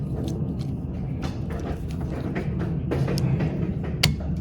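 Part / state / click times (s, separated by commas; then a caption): windshield wiper blade onto wiper arm / seated / 4.0 s. A new Trico Exact Fit wiper blade for a 2017-and-up Mazda CX-5 is lined up on the wiper arm hook and slid in until its plastic adapter snaps into place. Faint ticks and rustles sit over a steady low rumble, then a sharp, loud snap at 4.0 s marks the blade seating on the arm.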